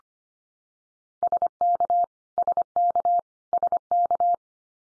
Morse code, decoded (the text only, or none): SK SK SK